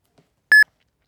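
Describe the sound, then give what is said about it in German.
A single short electronic telephone tone, a steady mid-high beep lasting a fraction of a second, sounding loud and alone against otherwise silent surroundings. “Gegen 10 wurde vom Heimwehrkommando Wien 2 angerufen.”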